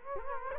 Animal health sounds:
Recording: mosquito wingbeat signal from an infrared sensor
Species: Culex quinquefasciatus

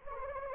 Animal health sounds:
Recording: mosquito wingbeat signal from an infrared sensor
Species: Anopheles arabiensis

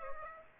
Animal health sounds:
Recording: mosquito wingbeat signal from an infrared sensor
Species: Aedes aegypti

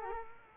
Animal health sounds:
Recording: mosquito wingbeat signal from an infrared sensor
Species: Culex quinquefasciatus

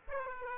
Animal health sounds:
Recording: mosquito wingbeat signal from an infrared sensor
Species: Aedes aegypti

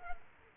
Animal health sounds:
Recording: mosquito wingbeat signal from an infrared sensor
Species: Culex quinquefasciatus

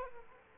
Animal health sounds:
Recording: mosquito wingbeat signal from an infrared sensor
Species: Aedes aegypti

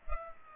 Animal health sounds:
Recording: mosquito wingbeat signal from an infrared sensor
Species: Culex pipiens

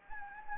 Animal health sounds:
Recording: mosquito wingbeat signal from an infrared sensor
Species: Anopheles gambiae

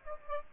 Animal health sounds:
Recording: mosquito wingbeat signal from an infrared sensor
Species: Aedes aegypti

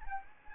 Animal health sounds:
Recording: mosquito wingbeat signal from an infrared sensor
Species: Anopheles gambiae

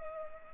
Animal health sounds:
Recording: mosquito wingbeat signal from an infrared sensor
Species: Culex pipiens

